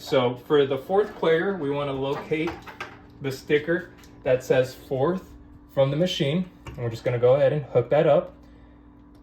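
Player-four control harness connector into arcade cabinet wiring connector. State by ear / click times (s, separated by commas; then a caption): not seated / none. Someone talks while the player-four control harness connector from the control panel is being handled for hooking into its mating plastic connector from the arcade cabinet wiring. Nothing has seated or clicked yet.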